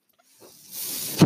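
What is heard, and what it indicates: A home mechanical ventilator: a soft hiss rising in level over about a second, ending in a louder breathy rush.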